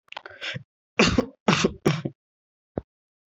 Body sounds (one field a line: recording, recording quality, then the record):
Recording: shallow voluntary cough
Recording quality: excellent, no background noise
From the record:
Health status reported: COVID-19 positive, moderate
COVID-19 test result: positive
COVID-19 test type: RT-PCR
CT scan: not taken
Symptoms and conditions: cough, cold, sore throat, fever, fatigue, muscle pain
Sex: male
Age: 25 years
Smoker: no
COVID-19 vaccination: both doses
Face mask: not worn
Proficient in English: yes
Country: India